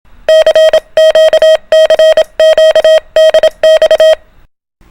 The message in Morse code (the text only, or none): CQ CQ DX